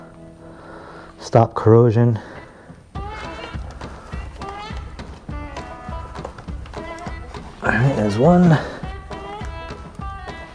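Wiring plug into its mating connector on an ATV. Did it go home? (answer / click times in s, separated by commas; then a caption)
no / none. A wiring plug on a YFZ450R ATV, greased to keep out dirt, water and corrosion, is handled by hand next to its mating connector while someone talks over background music, with a few short taps and rustles. Nothing has seated or clicked yet; the clip ends just before the plug goes home.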